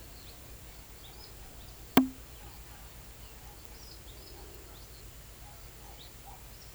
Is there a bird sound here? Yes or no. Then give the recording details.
no. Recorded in pastures near Puerto Asís, Putumayo, Colombia, on 22 December 2024 at 16:00. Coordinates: 0.486, -76.323. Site GP01